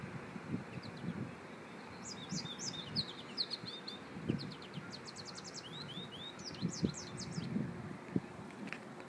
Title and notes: Goldfinch 2018. Goldfinch calling. pardon the wind noise